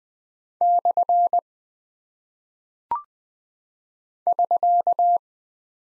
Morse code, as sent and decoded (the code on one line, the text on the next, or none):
-..-. / ...-.-
/ <SK>